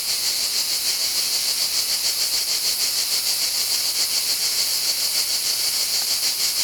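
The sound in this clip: Cicada buzzing in a dense, steady high-pitched hiss that pulses about three times per second, with no other sounds.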